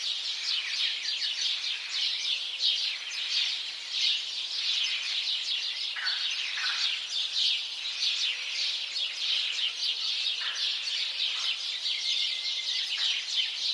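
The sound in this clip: Busy house sparrow chatter, many chirps at once, a few sharper notes poking through the steady chorus.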